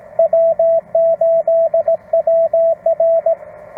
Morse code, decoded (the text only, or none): W8WR